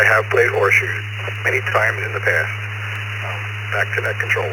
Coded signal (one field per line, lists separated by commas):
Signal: Emergency Alert System (SAME) tones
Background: speech